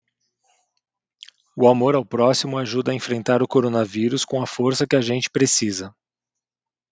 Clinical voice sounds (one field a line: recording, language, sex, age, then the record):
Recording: spoken sentence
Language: Brazilian Portuguese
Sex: male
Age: 40 to 49 years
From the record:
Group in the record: control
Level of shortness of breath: 0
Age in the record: 48 years